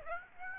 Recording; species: mosquito wingbeat signal from an infrared sensor; Aedes aegypti